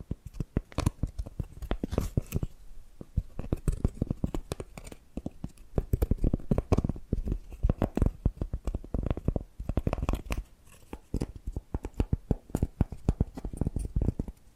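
Tapping and scratching sounds run throughout: a dense stream of sharp, irregular taps, several each second, with brief scratchy bursts between them. The hits are punchy with a solid low thud and crisp upper edges, and there are short lulls near three and eleven seconds.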